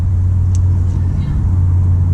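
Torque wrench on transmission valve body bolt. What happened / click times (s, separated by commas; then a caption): Torque wrench clicks at setting / 0.5 s. A small torque wrench re-torques a valve body bolt on the VW 01M transmission of a VR6 Corrado, against a steady low hum. The wrench gives a faint, gentle click at 0.6 s as it reaches its setting, and a softer tick follows at 2.1 s. The bolt is confirmed tightened to torque.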